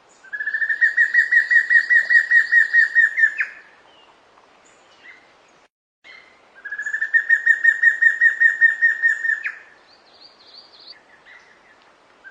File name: Canto do matracao